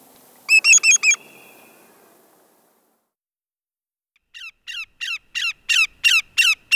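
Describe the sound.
Greater yellowlegs calling: a fast burst of four loud whistles, a pause of about three seconds, then a longer run of eight notes growing louder.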